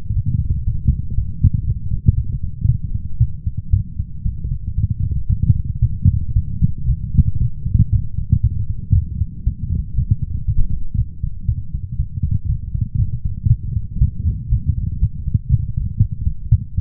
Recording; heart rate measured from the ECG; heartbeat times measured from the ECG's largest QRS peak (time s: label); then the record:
heart sounds by stethoscope; 117 bpm
0.14 s: heartbeat
0.65 s: heartbeat
1.15 s: heartbeat
1.65 s: heartbeat
2.15 s: heartbeat
2.66 s: heartbeat
3.18 s: heartbeat
3.71 s: heartbeat
4.23 s: heartbeat
4.75 s: heartbeat
5.27 s: heartbeat
5.80 s: heartbeat
6.34 s: heartbeat
6.87 s: heartbeat
7.39 s: heartbeat
7.90 s: heartbeat
8.42 s: heartbeat
8.93 s: heartbeat
9.45 s: heartbeat
9.96 s: heartbeat
10.46 s: heartbeat
10.96 s: heartbeat
11.46 s: heartbeat
11.97 s: heartbeat
12.47 s: heartbeat
12.97 s: heartbeat
13.48 s: heartbeat
13.99 s: heartbeat
14.50 s: heartbeat
15.00 s: heartbeat
15.50 s: heartbeat
15.99 s: heartbeat
16.50 s: heartbeat
From the record:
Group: healthy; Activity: light exercise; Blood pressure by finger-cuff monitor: 120/70 mmHg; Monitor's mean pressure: 86 mmHg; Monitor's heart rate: 118 bpm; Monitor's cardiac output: 9.4 L/min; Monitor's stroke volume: 80 mL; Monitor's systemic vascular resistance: 660 dyn s/cm5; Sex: female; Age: 24 years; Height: 163 cm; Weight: 55.7 kg